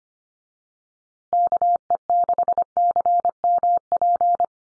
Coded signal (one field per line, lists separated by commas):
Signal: Morse code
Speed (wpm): 25 wpm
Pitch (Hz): 700 Hz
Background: none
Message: KE6CMP